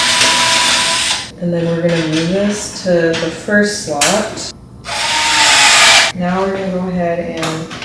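While a prebuilt PC is rebuilt into a new case, an expansion card or riser is handled near a motherboard PCIe slot, with bursts of broadband rustling and scraping around 0–1.3 s and 4.8–6.1 s as someone talks. The card has not yet been pushed home, and nothing has seated or clicked yet.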